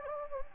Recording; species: mosquito wingbeat signal from an infrared sensor; Anopheles gambiae